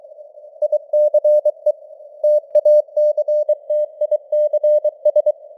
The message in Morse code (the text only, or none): ICE TACTICS